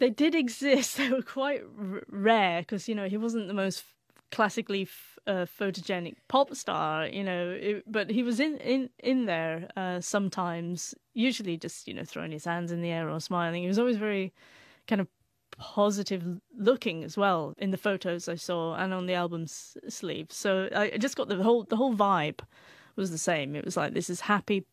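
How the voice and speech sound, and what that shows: Mostly fluent adult female speech with mild stuttering that has always been quite mild and not very prevalent: word repetitions, stretched sounds and brief blocks before words.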